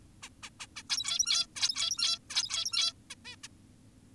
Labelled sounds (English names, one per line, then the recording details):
Zebra Finch
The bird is an adult
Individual g17y2U